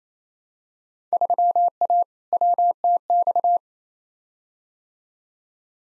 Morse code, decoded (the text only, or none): 3A WTX